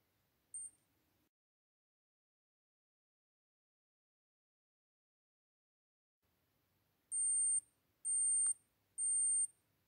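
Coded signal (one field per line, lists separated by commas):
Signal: beep code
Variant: digital thermometer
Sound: one short shrill beep, a pause, then three long shrill electronic beeps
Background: faint room noise, click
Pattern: 1 short, 3 long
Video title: Acoustic Experience 8 – Badly designed thermometer-beeps wake up my agush baby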